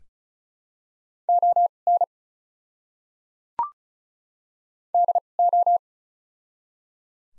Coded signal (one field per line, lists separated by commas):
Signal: Morse code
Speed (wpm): 34 wpm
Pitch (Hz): 700 Hz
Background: none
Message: ON DO